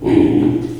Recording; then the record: squeal of a Yucatan mini pig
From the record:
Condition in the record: before surgery on the right vocal fold (resection and tissue-engineered implant); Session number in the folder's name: 1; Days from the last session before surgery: -21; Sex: female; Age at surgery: 19 weeks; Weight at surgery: 25 kg